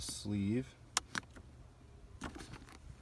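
Someone talks while handling an aftermarket TRD Pro shift knob, with its sleeve slid up, as it is brought onto the gear shifter lever to lock on. A few short sharp ticks and handling noises are heard, including near 1.0 s and 1.2 s. Nothing has seated or clicked yet.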